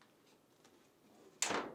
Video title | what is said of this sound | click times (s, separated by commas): How to remove or replace the lid on a Fisher & Paykel washing machine | align the lid with the hinges and firmly press down until it snaps in place. | 1.4 s